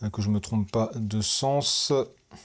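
A bike front light is slid onto its small handlebar clip mount while someone talks, checking it is the right way round. Nothing has seated or clicked yet; the light is not yet locked into the mount.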